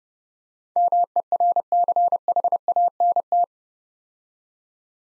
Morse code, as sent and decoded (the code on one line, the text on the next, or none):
-- . .-. -.-. .... .- -. -
MERCHANT